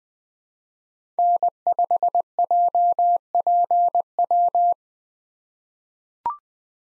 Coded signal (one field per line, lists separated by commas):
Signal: Morse code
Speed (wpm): 20 wpm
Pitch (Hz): 700 Hz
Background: none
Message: N5JPW